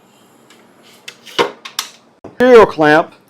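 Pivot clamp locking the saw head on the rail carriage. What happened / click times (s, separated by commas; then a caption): The clamp is being handled but has not locked yet / none. Someone talks while handling the pivot clamp on the saw head's rail carriage of an IQ TS252 52-inch rail saw, working to lock the head in place for a score cut instead of letting it move freely. A few short, sharp handling knocks are heard between about 1.1 and 1.8 seconds, followed by speech. Nothing has seated or clicked yet.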